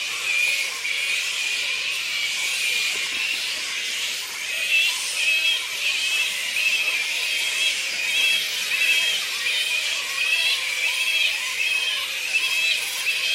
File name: black fruit bats -pteropus alecto colony squeaks